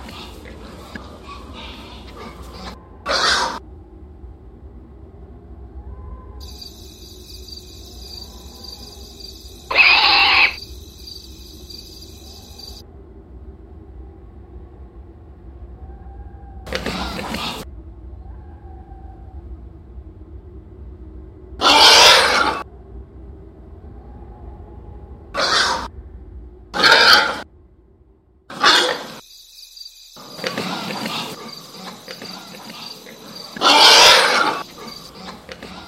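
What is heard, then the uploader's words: A hog gives short, harsh grunts and snorts in separate bursts every few seconds, with a quick cluster around 25 to 29 seconds. A low steady rumble fills the gaps, and a thin high whine sounds from about 6 to 13 seconds. Pig\\hog sound effects. Hog Sfx.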